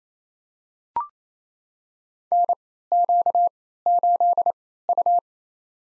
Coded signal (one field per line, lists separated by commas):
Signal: Morse code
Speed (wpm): 27 wpm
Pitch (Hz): 700 Hz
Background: none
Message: NQ8U